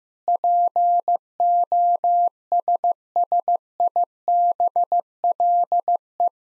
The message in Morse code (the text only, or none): POSSIBLE